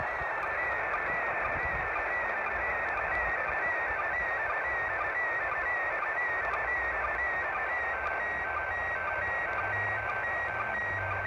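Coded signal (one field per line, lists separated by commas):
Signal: SSTV (slow-scan television)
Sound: warbling tone stepping between pitches with brief low blips, over steady hiss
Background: radio static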